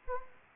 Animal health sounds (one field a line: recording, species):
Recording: mosquito wingbeat signal from an infrared sensor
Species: Anopheles gambiae